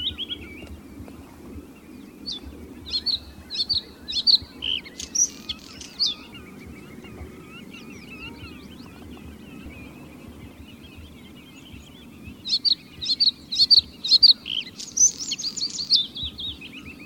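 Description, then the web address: Bluethroat singing two bursts of ringing repeated notes mixed with buzzy and scratchy phrases, separated by several seconds of quiet. "blauwborst blauwborst"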